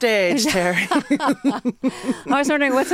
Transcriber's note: laughter